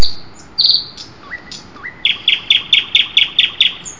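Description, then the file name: Common nightingale song: high buzzy notes, two rising slurs, then a steady run of about eight loud rapid chirps, with a click at the start. Recorded 12 June 2008. "nightingale-080612"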